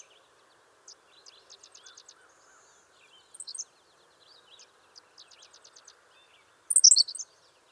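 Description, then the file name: Henslow's sparrow delivers a loud, crisp, high hiccup phrase near the end, after soft buzzy notes, runs of repeated ticks and a brief high chirp. "Ammodramus henslowii - Henslow's Sparrow"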